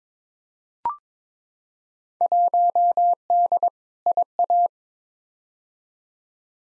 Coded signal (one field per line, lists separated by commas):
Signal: Morse code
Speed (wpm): 22 wpm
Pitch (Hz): 700 Hz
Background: none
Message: 1D IA